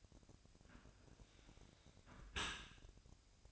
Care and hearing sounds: daily activity, microphone in the room; close dishwasher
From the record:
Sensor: 2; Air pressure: 1003.0 hPa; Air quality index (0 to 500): 199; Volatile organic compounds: 6 ppm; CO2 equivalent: 1886 ppm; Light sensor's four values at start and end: 24/58/25/28 and 24/58/25/28

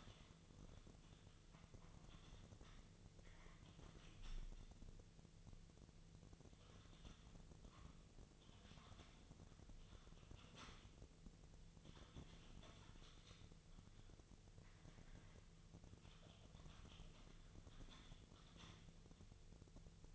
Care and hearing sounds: daily activity, microphone in the room; typing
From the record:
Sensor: 4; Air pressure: 1001.0 hPa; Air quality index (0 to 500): 141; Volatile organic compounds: 2 ppm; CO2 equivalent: 1041 ppm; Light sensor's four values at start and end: 27/65/27/29 and 27/64/27/28

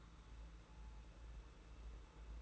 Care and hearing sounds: daily activity, microphone in the room; take from stove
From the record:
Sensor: 3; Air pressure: 992.0 hPa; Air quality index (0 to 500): 227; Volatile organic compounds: 1000 ppm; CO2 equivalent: 7815 ppm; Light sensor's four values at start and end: 25/75/31/26 and 25/75/31/26

